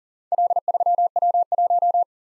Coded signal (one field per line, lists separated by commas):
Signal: Morse code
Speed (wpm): 42 wpm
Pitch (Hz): 700 Hz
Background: none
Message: L3W1